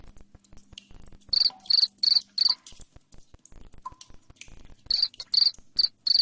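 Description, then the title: Cricket giving short runs of shrill chirps, four then a pause, then four more near the end, over faint clicks and a low hum. Loud cricket chirping played to make lovebirds sing continuously. "Suara JANGKRIK NGERIK Keras Bikin LOVEBIRD Jadi NGEKEK Terus Vubey"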